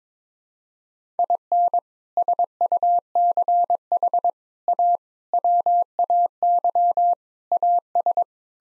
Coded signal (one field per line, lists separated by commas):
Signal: Morse code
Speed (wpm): 22 wpm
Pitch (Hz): 700 Hz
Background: none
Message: IN SUCH A WAY AS